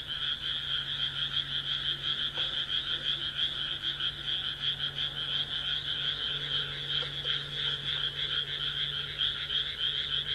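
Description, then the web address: Dense frog chorus of overlapping rapid croaks forming a constant rattle over a steady low hum. "kaeru kaeru"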